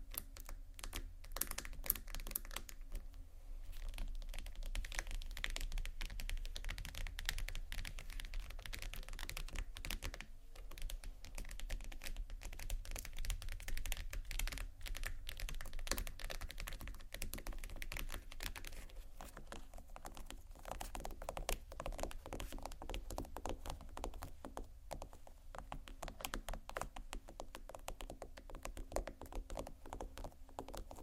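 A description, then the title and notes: Fingers tap and scratch on textured bags in a dense, continuous run of tiny clicks and scrapes, much like fast typing. The crisp, bright ticking barely pauses for half a minute, with a steady low hum underneath throughout. ASMR TEXTURED BAGS TAP & SCRATCH (No Talking).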